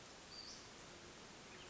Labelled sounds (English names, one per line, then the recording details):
Western Flycatcher
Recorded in Sonoma County, California